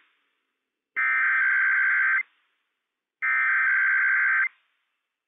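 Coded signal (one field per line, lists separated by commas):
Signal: Emergency Alert System (SAME) tones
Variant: header bursts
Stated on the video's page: Required weekly test from weather radio station WWF56, issued by civil authorities for California, Nevada, Oregon and Washington; valid EAS tones.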